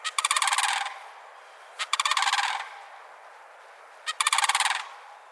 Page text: BirdNote Daily Podcast - The Mississippi Sandhill Crane Makes a Comeback